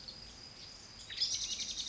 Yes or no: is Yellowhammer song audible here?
no